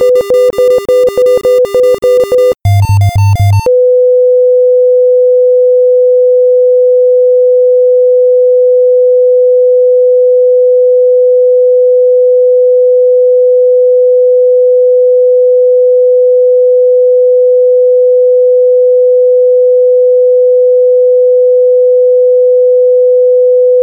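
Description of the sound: Rapid monitor beeps, going from a normal heart rate to an increased rate, then a short lower burst, then a long steady tone: a simulated monitor flatline signalling cardiac arrest.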